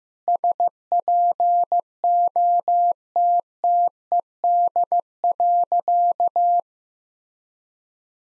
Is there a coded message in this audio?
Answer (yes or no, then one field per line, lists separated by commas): yes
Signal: Morse code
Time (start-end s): 0.3-6.6 s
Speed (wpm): 16 wpm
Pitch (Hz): 700 Hz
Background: none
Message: SPOTTED.